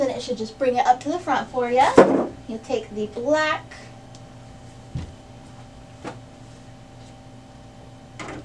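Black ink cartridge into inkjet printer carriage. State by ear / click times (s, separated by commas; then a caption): not seated / none. Someone talks while handling a black ink cartridge and moving it toward the carriage of an HP OfficeJet Pro 9018e inkjet printer, before placing it and pushing it home. After the talking, a faint steady hum continues, with a few small handling ticks and a slightly louder knock near the end. The cartridge has not seated or clicked into place yet.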